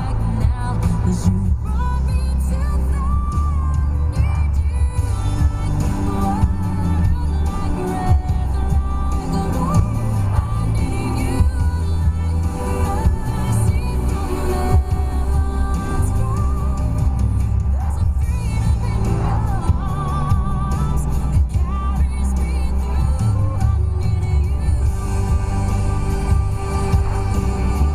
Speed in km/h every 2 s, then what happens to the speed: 66, 68, 69, 72, 71, 71, 72, 71, 71, 71, 71, 69, 68, 66.
0-28 steady at about 71.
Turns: none.